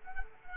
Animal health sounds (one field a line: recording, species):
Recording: mosquito wingbeat signal from an infrared sensor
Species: Culex quinquefasciatus